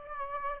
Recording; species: mosquito wingbeat signal from an infrared sensor; Aedes aegypti